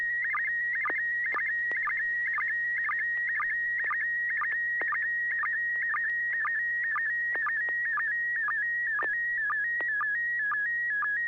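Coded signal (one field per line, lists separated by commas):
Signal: SSTV (slow-scan television)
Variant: PD120 mode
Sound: warbling whistle hopping between pitches, with a short low blip about twice a second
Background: low steady hum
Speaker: let me do a quick tone test [Music] the floor is yours here we go pd120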